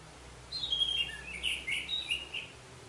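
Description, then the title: Orange-headed thrush giving a short varied song, slurred whistled notes tumbling up and down in a two-second warbling run. "Anis Merah"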